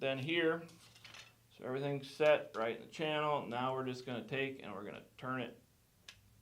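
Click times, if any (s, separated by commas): 6.1 s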